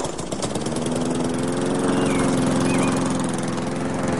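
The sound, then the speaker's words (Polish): A German-made lawn mower mowing a garden lawn, its engine running steadily and loudly, its droning, harmonic-rich rumble holding an even pitch throughout with no speech. “Trudno powiedzieć, zwłaszcza, że kosiarka jest niemiecka.”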